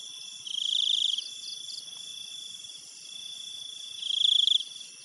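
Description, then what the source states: Insects: a continuous high-pitched drone that swells louder twice, with further steady shrill tones layered above. Thailand jungle at night; insects both close up and distant.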